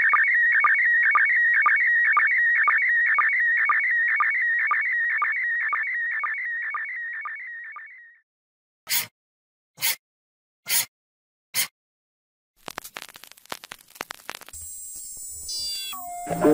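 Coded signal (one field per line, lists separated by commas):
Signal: SSTV (slow-scan television)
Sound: warbling, stepping tones with repeated low blips, then four loud clicks and noise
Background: clicks and background noise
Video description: Russian cosmonauts on the International Space Station (ISS) sent out Slow Scan TV images on 145.800 MHz FM using the SSTV mode PD-120.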